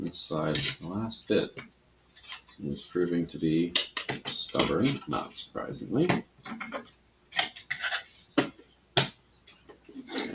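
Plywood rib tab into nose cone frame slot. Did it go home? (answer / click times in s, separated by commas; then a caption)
yes / 9.0 s. Someone talks while pressing the last stubborn interlocking plywood rib tab of a Rocketarium Mega Rebel model rocket nose cone frame into its slot, with a few short knocks and scrapes along the way. The tab snaps into place with a sharp click at 9.0 s, and the piece is seated.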